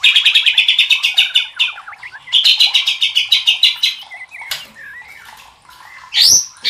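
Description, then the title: White-rumped shama song: two loud bursts of rapid, evenly repeated high chips, then softer scattered notes and a harsh burst at the end. Used to train cage birds (masteran). "MASTERAN MURAI BATU LABAIK"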